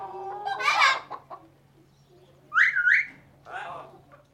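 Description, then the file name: Parrot mimicking speech with a loud garbled phrase, then a whistled two-note call, followed by a softer raspy utterance over a low steady hum. "animals bird parrot talking"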